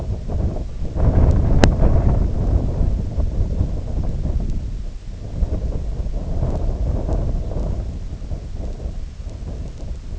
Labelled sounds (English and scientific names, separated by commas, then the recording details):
none
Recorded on Arctic tundra, site IGLO-D, on 18 June 2018
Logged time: 04:00